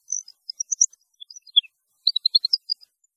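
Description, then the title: European goldfinch song: two short bursts of high, tinkling twittered notes separated by a brief pause, with no other sounds. "Chant Chardonneret"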